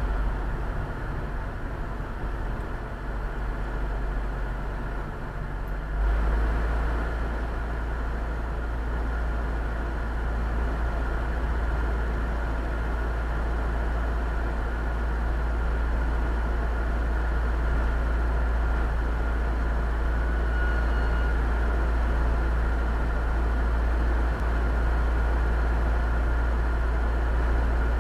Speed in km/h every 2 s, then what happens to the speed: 17, 7, 0, 0, 0, 0, 0, 0, 0, 1, 0, 0, 0, 0.
0-4 brakes to 0. 4-28 standing.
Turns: none.